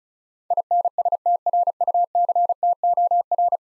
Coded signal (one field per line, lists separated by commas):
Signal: Morse code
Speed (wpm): 36 wpm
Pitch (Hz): 700 Hz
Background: none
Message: INSTRUCTOR